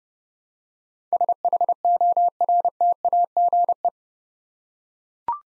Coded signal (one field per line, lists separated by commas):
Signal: Morse code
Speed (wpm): 30 wpm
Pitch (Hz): 700 Hz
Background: none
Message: SHORTAGE